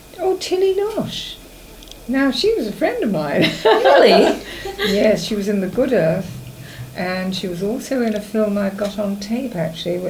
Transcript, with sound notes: Oh Tilly Losch! Now she was a friend of mine! [laughs]
Really! [laughs]
Yes. She was in The Good Earth. And she was also in a film I've got on tape actually.